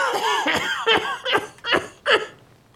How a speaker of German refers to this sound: plagt dich der Husten wieder?